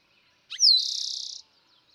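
Eastern towhee singing one phrase, brief soft introductory notes sliding into a high descending note and a rapid even trill.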